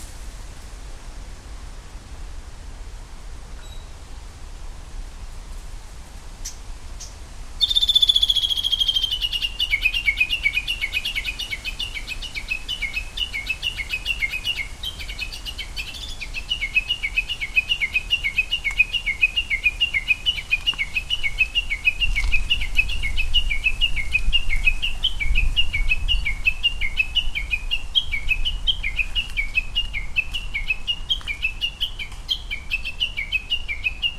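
A Japanese bush warbler starts calling about eight seconds in and keeps up a long, fast run of sharp, repeated chirps through the end, steady. A low rumble of traffic runs underneath the whole time.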